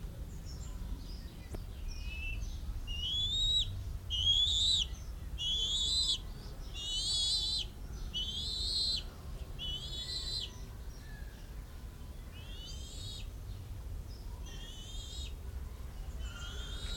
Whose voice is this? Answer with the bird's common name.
Bald Eagle